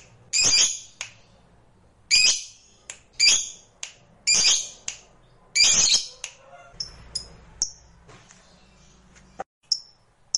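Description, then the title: Lovebird producing a series of harsh, piercing squawks, then softer scattered high chips. Recording meant to make a lazy lovebird start singing eagerly and spontaneously, right away. "LOVEBIRD Malas Bunyi JADI GREGET SPONTAN Langsung NARIK"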